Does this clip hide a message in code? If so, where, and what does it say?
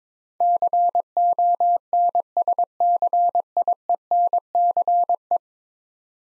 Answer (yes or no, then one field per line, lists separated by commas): yes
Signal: Morse code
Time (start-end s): 0.4-5.4 s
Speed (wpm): 22 wpm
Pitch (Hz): 700 Hz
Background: none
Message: CONSCIENCE